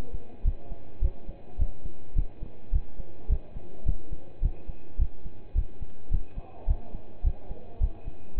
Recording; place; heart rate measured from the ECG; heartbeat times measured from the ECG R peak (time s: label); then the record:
heart sounds by stethoscope; between the tricuspid and mitral areas; 106 bpm
0.44 s: heartbeat
1.01 s: heartbeat
1.58 s: heartbeat
2.15 s: heartbeat
2.72 s: heartbeat
3.29 s: heartbeat
3.85 s: heartbeat
4.42 s: heartbeat
4.98 s: heartbeat
5.55 s: heartbeat
6.11 s: heartbeat
6.67 s: heartbeat
7.23 s: heartbeat
7.80 s: heartbeat
8.36 s: heartbeat
From the record:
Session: pedaling a stationary bicycle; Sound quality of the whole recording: partially saturated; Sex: male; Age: 27 years